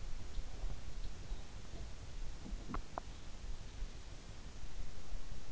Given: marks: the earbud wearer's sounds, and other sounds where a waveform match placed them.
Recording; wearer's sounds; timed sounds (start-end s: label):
sounds in sleep by an in-ear microphone; swallowing
1.95-3.29 s: swallowing